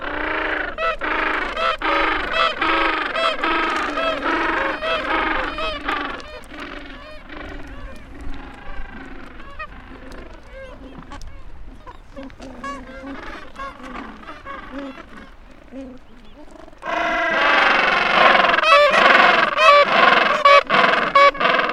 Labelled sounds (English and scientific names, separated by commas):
Gentoo Penguin (Pygoscelis papua) call